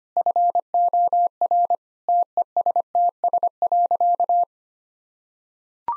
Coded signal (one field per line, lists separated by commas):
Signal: Morse code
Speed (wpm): 25 wpm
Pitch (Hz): 700 Hz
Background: none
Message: FOR TESTS.